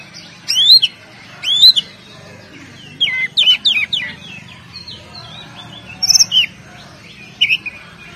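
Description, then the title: Oriental magpie-robin song: loud, varied whistled phrases with rising and falling notes and sharp upslurs, given in short bursts separated by pauses. "Kacer"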